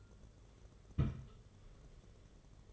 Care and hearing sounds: daily activity, microphone in the room; place on stove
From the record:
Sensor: 4

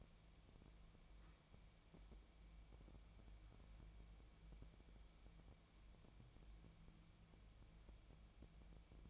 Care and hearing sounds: daily activity, microphone in the room; wipe stove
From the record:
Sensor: 1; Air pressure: 1000.5 hPa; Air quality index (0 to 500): 182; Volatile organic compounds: 4 ppm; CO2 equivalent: 1676 ppm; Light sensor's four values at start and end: 14/34/14/16 and 14/33/14/16

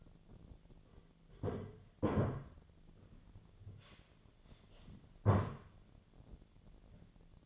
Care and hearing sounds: daily activity, microphone in the room; sit down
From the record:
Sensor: 4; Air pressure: 1008.9 hPa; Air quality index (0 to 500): 170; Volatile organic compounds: 5 ppm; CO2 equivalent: 1708 ppm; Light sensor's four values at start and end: 23/73/28/26 and 23/73/28/26

